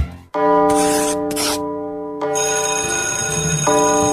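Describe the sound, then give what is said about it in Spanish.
A bell rings loudly and steadily, its bright ringing tone sustained with layered high overtones, interrupted by short hissing bursts before the ringing resumes and continues to the end. “Ya tocó la campana.”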